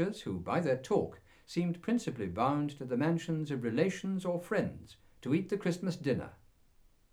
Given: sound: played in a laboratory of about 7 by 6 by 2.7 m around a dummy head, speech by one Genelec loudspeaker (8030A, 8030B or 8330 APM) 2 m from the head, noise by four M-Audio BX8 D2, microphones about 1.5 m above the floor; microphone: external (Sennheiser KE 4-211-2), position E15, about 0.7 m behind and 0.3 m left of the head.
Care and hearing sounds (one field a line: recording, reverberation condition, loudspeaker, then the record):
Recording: male speech in English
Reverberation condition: low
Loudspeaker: 150 degrees to the left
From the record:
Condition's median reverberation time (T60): about 310 ms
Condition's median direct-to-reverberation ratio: about 3.5 dB